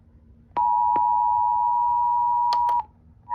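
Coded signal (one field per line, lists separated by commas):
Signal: Emergency Alert System (SAME) tones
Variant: 853 and 960 Hz attention tone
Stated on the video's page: Tornado drill and weekly/monthly test tones carried over NOAA Weather Radio and FM broadcast stations.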